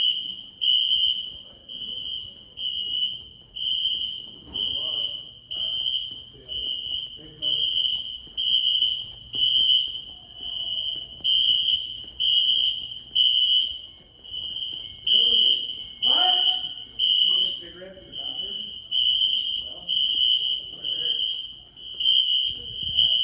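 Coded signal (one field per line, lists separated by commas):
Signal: alarm pattern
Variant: Wheelock NS horn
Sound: harsh 3 kHz fire alarm horn repeating roughly every second, with people talking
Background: people talking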